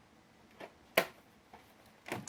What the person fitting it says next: Okay, you hear the click sound.